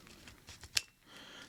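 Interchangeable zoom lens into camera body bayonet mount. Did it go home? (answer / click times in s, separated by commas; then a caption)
yes / 0.8 s. A Sony a6700 mirrorless camera body has its kit f3.5-5.6 18-135 OSS zoom lens set on its bayonet mount and twisted until it locks. Faint ticks at 0.3 and 0.6 s lead up to one loud, sharp, solid click at 0.8 s, when the lens seats and locks onto the mount.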